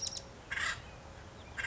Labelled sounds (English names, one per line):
Acorn Woodpecker